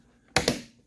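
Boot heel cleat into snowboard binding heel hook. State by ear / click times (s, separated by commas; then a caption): seated / 0.4 s. A boot heel cleat is pushed further into the heel hook of a Burton Photon Step-On snowboard binding and latches fully on the second click. A loud, sharp click sounds at 0.4 s, followed by a slightly softer second snap about a tenth of a second later. The heel is fully seated.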